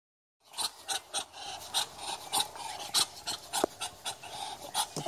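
Muscovy duck huffing in short, raspy hisses, each puff separate, around one to two per second after a brief silent start.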